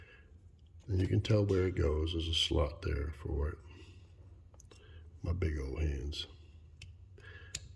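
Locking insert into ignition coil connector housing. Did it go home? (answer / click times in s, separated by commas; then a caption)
yes / 7.6 s. After a repair, a plastic locking insert is pushed back into its slot in the plastic body of a Ford ignition coil connector while someone talks. A sharp click at 7.6 s marks the lock snapping back in and seating.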